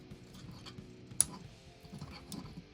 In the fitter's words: Again, nice solid click.